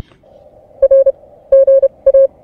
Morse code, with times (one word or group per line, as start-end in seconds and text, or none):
0.8-1.1 R
1.5-2.3 GA